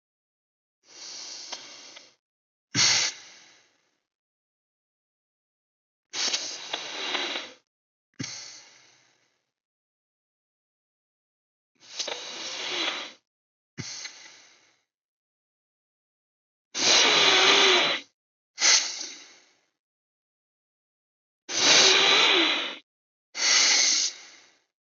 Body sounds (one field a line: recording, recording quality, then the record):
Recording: deep breathing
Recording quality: excellent, no background noise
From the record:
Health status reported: healthy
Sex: male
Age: 22 years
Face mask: not worn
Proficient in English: yes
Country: India